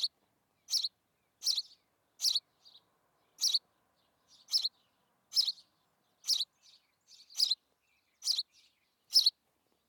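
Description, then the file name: House sparrow chirps repeated in a series, with soft short notes between. "Passer domesticus"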